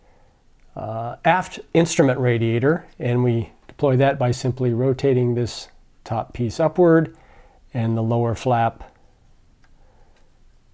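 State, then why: Seated. Someone talks while rotating the top piece and lower flap of the hinged aft instrument radiator upward on a 3D-printed plastic foldable JWST telescope model. A single sharp tick at 9.6 s marks the flap clicking into place, and the radiator is seated.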